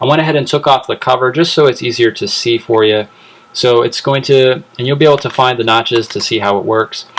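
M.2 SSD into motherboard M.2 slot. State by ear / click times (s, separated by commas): not seated / none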